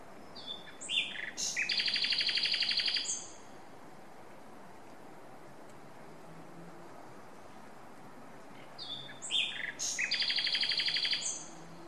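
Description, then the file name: Common nightingale song: two phrases, each opening with thin high whistles and ending in a loud, rapid series of repeated notes lasting about one and a half seconds, separated by a long pause. "Luscinia megarhynchos"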